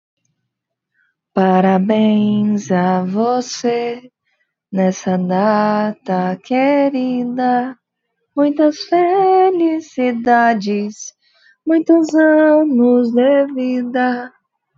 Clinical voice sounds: short text; Brazilian Portuguese; female; 20 to 29 years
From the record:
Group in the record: control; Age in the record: 29 years

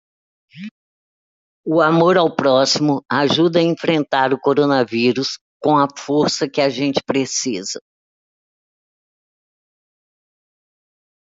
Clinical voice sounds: spoken sentence; Brazilian Portuguese; female; 60 to 69 years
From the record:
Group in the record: control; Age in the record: 64 years

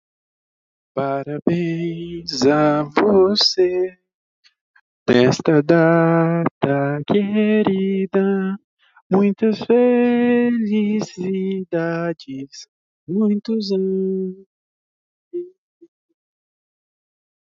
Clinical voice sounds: short text; Brazilian Portuguese; male; 20 to 29 years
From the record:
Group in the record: control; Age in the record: 24 years

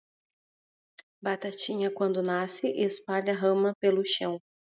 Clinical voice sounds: short text; Brazilian Portuguese; female; 40 to 49 years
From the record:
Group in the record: control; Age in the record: 41 years

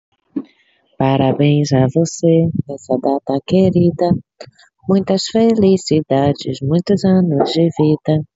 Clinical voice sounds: short text; Brazilian Portuguese; female; 40 to 49 years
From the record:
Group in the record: control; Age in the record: 41 years

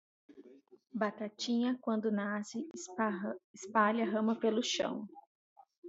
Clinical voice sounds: short text; Brazilian Portuguese; female; 30 to 39 years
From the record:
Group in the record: control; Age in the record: 36 years

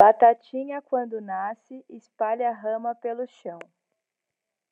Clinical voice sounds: short text; Brazilian Portuguese; female; 30 to 39 years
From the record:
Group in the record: control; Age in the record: 30 years

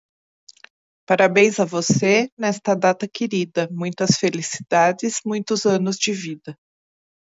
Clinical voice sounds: short text; Brazilian Portuguese; female; 50 to 59 years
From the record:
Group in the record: control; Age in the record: 53 years

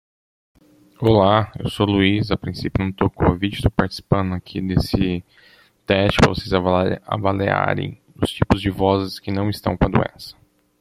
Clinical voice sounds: spoken sentence; Brazilian Portuguese; male; 30 to 39 years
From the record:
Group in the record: control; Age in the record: 32 years

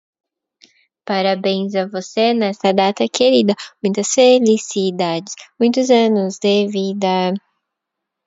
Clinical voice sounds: short text; Brazilian Portuguese; female; 30 to 39 years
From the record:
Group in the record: control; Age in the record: 33 years

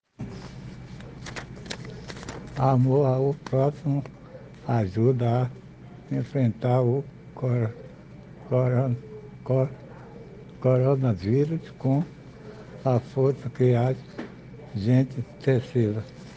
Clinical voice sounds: spoken sentence; Brazilian Portuguese; male; 60 to 69 years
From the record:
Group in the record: respiratory insufficiency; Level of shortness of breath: 5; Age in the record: 61 years

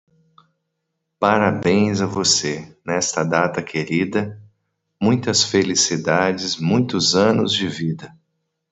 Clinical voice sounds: short text; Brazilian Portuguese; male; 40 to 49 years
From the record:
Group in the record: control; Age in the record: 47 years

